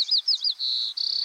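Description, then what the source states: White-crowned sparrow song: a few clear high whistles, slurred and then held, ending in a short buzzy trill. Catchy song described as 'see me, pretty, pretty me'.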